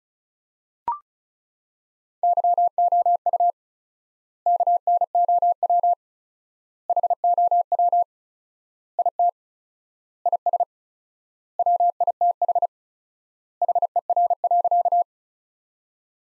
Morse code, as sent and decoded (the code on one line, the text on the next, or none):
-.-- --- ..- / -.- -. --- .-- / .... --- .-- / .. - / .. ... / .-- .. - .... / .... . .-. .-.-.-
YOU KNOW HOW IT IS WITH HER.